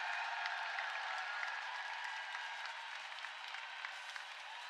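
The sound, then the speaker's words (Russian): An audience applauds the jury of the Intervision contest steadily, a dense wash of many hands clapping at once that holds at an even level throughout, with no voices standing out above it. “Аплодисменты нашему жюри.”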